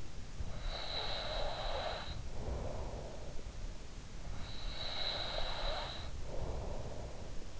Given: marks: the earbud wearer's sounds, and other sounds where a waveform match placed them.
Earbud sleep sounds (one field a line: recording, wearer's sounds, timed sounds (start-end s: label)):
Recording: sounds in sleep by an in-ear microphone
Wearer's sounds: snoring breath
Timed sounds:
0.70-3.57 s: snoring breath
4.65-7.60 s: snoring breath